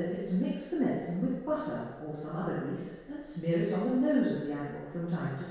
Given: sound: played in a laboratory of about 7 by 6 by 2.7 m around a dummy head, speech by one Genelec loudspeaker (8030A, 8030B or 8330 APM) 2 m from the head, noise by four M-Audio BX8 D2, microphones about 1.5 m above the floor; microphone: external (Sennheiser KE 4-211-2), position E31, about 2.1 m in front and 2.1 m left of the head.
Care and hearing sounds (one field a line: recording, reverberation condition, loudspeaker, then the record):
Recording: female speech in English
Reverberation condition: high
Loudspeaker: 30 degrees to the left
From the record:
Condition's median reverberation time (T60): about 1300 ms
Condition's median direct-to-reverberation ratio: about -4.0 dB